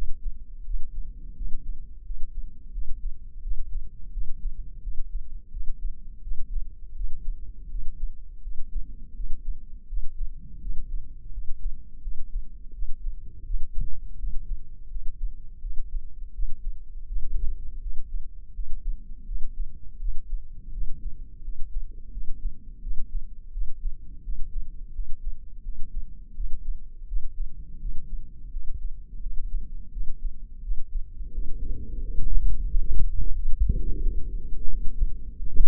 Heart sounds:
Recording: heart sounds by microphone in the left ear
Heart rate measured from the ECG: 85 bpm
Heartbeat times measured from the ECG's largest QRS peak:
0.64 s: heartbeat
1.35 s: heartbeat
2.04 s: heartbeat
2.72 s: heartbeat
3.41 s: heartbeat
4.11 s: heartbeat
4.81 s: heartbeat
5.51 s: heartbeat
6.21 s: heartbeat
6.94 s: heartbeat
7.69 s: heartbeat
8.42 s: heartbeat
9.14 s: heartbeat
9.87 s: heartbeat
10.60 s: heartbeat
11.32 s: heartbeat
12.01 s: heartbeat
12.72 s: heartbeat
13.44 s: heartbeat
14.17 s: heartbeat
14.89 s: heartbeat
15.60 s: heartbeat
16.32 s: heartbeat
17.06 s: heartbeat
17.80 s: heartbeat
18.53 s: heartbeat
19.25 s: heartbeat
19.98 s: heartbeat
20.71 s: heartbeat
21.42 s: heartbeat
22.11 s: heartbeat
22.81 s: heartbeat
23.51 s: heartbeat
24.22 s: heartbeat
24.93 s: heartbeat
25.62 s: heartbeat
26.34 s: heartbeat
27.06 s: heartbeat
27.79 s: heartbeat
28.50 s: heartbeat
29.20 s: heartbeat
29.90 s: heartbeat
30.61 s: heartbeat
31.32 s: heartbeat
32.01 s: heartbeat
32.67 s: heartbeat
33.34 s: heartbeat
34.02 s: heartbeat
34.68 s: heartbeat
35.36 s: heartbeat
From the record:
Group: healthy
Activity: rest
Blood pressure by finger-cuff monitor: 156/85 mmHg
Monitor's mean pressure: 100 mmHg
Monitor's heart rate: 85 bpm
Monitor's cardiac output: 8.3 L/min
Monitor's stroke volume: 98 mL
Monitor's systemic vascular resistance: 920 dyn s/cm5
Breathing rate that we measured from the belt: 18 breaths a minute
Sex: male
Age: 57 years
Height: 188 cm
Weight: 106 kg

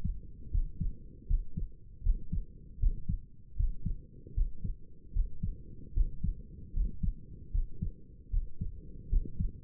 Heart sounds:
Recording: heart sounds by stethoscope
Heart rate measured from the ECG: 77 bpm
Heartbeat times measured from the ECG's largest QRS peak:
0.50 s: heartbeat
1.26 s: heartbeat
2.02 s: heartbeat
2.79 s: heartbeat
3.55 s: heartbeat
4.33 s: heartbeat
5.12 s: heartbeat
5.93 s: heartbeat
6.72 s: heartbeat
7.50 s: heartbeat
8.29 s: heartbeat
9.09 s: heartbeat
From the record:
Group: healthy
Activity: rest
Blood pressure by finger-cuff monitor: 115/77 mmHg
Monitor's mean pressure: 84 mmHg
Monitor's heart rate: 78 bpm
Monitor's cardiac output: 6.7 L/min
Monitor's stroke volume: 86 mL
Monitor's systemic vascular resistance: 880 dyn s/cm5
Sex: male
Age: 35 years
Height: 180 cm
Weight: 86.9 kg

